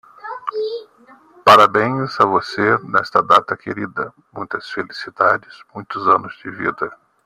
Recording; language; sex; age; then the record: short text; Brazilian Portuguese; male; 40 to 49 years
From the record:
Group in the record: control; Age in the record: 49 years